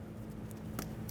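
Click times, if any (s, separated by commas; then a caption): 0.8 s. The rear ABS wheel speed sensor's plastic electrical connector on a 2009-2014 Nissan Maxima is lined up by its locking tabs and pressed into the vehicle harness connector. A sharp click at 0.8 s marks it seating, with fainter ticks at 0.5 s and 1.1 s over a steady low hum. A light tug then confirms it is secured, since a loose connection would bring on the ABS and traction control lights.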